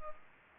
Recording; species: mosquito wingbeat signal from an infrared sensor; Anopheles arabiensis